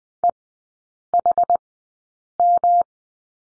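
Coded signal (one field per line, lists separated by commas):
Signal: Morse code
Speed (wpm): 20 wpm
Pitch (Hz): 700 Hz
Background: none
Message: EHM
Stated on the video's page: Morse course lesson on the number 7, three characters, Farnsworth speed 20/10 wpm.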